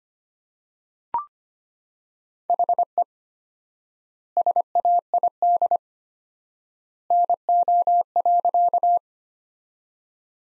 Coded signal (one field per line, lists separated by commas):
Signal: Morse code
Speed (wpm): 25 wpm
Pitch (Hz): 700 Hz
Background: none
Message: HE SAID NO.